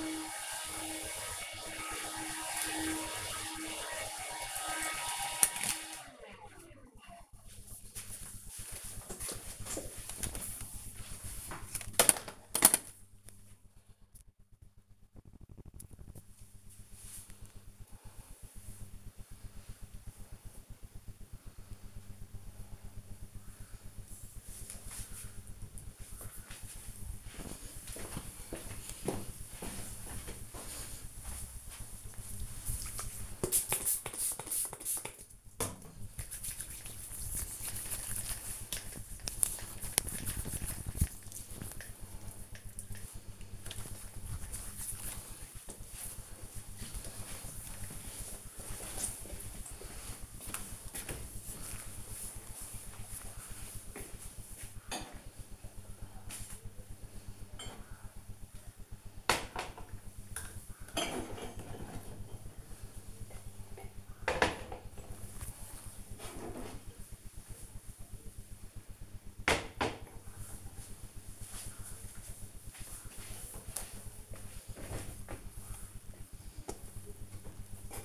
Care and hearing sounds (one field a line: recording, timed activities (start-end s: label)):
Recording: household activities, microphone on the right wrist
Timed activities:
0.00-6.13 s: vacuum cleaning
33.29-44.34 s: disinfecting hands
76.53-78.05 s: putting away the dishes